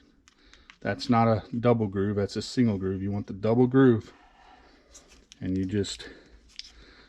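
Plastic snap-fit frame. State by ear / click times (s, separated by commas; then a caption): seated / 6.6 s. Someone talks while fitting a plastic frame half into the double groove of a plastic mating nuc frame, with a few faint ticks near the start. A sharp snap at 6.6 s marks the frame half seating in the groove and snapping together into place.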